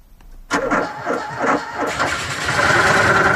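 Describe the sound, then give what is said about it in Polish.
A Fiat 126 (Maluch) car engine cranks over in a few rhythmic starter pulses, then catches and settles into a steady, buzzing idle that grows slightly louder. No one speaks. “No ciekawe, czy towarzysz Gierek przewidywał, jak wielką furorę zrobi Maluch na naszych drogach.”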